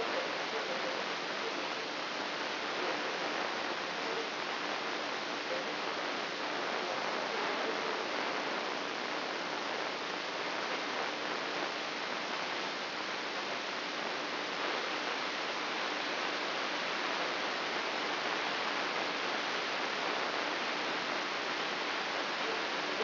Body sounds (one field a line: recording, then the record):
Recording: brain microelectrode recording played as sound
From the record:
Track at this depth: outside the subthalamic nucleus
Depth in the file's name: 6.661 mm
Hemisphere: left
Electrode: 3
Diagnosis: Parkinson's disease